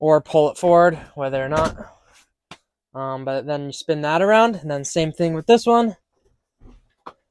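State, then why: Seated. Someone talks while a swivel seat base in a 2023 Ram camper van is spun around and its lever is pulled, with a brief sharp sound near 2.5 s. The seat locks into position with a short click at 7.1 s, leaving it seated and locked.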